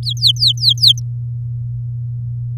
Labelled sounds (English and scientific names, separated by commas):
Domestic Canary (Serinus canaria) song